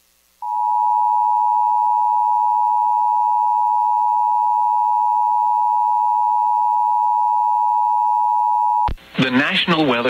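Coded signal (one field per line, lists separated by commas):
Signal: Emergency Alert System (SAME) tones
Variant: 853 and 960 Hz attention tone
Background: speech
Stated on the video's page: Real EAS alerts personally captured during the December tornado outbreak affecting the New Orleans metro.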